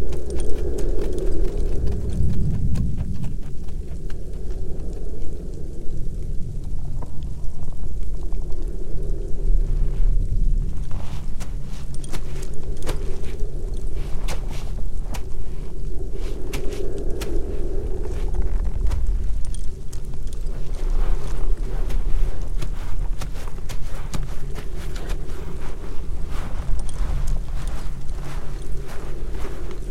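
A dark winter forest ambience: a steady low rumble fills the background, with a soft hum that swells and fades every few seconds. Dry crunching steps and small clicks come and go throughout, denser in the second half.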